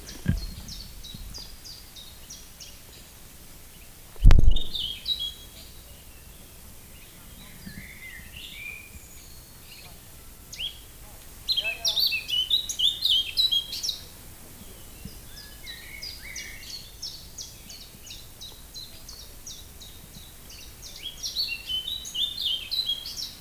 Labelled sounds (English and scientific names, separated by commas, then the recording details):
Eurasian Blackcap (Sylvia atricapilla) song
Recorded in the wild
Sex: male
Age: adult
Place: Lübars (Fließtal), Berlin, DE
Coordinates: 52.6167, 13.35
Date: 2000-06-04 14:19
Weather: fair, 27°C
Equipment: Nagra SN, Kopie Uher 4000 Report Monitor
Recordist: Tembrock, Günter